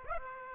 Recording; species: mosquito wingbeat signal from an infrared sensor; Aedes aegypti